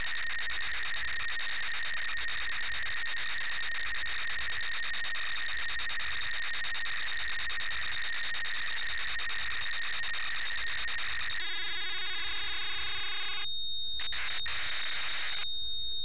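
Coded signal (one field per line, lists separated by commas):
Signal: ZX Spectrum tape loading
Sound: continuous harsh buzzing screech, changing near the end into choppy bursts with short silences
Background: steady high whine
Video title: WEST BANK (ZX SPECTRUM) # INCLUDING FULL TAPE LOADING # GAMEPLAY #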